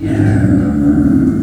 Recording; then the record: squeal of a Yucatan mini pig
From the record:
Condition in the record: after surgery on the right vocal fold (resection and tissue-engineered implant); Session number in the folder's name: 1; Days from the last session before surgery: 13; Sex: female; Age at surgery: 19 weeks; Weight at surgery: 25 kg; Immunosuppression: prednisolone